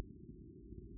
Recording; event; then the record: neck accelerometer signal played as sound; no cough (speech, laughter, throat clearing or background)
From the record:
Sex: male